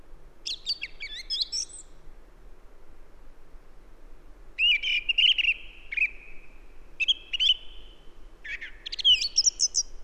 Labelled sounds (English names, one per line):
Song Thrush song